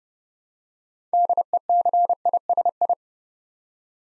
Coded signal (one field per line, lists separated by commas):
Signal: Morse code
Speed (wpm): 30 wpm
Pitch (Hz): 700 Hz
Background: none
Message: DECISI